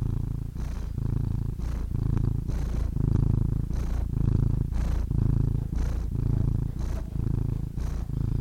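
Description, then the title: Domestic cat purr, an even bass rumble with rhythmic breathy pulses. "The Ultimate Compilation of Adorable Cat Meows"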